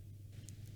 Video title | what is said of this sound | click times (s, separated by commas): Mercedes Benz SIDE MIRROR COVERS - CARBON FIBER Upgrade - MERCEDES BENZ S Class S500 W220 | snaps in place and you'll hear that snap and you're good to go | 0.5 s